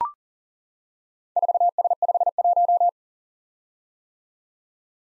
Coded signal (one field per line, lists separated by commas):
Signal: Morse code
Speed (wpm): 41 wpm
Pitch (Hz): 700 Hz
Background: none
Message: 4S51